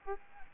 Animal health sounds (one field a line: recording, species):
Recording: mosquito wingbeat signal from an infrared sensor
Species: Aedes albopictus